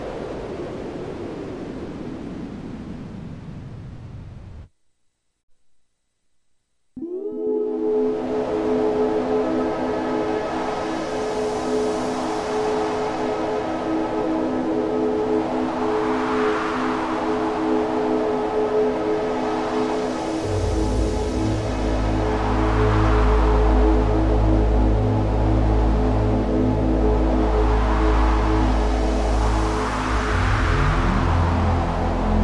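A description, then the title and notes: Space ambience of soft wind-like whooshes and sustained hum, silent near five seconds, then steady tones with slow swelling sweeps and deep bass after twenty. Serene space ambience and gentle breezes.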